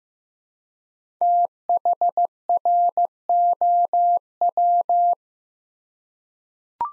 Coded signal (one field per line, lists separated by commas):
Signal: Morse code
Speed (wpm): 15 wpm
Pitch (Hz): 700 Hz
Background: none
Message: THROW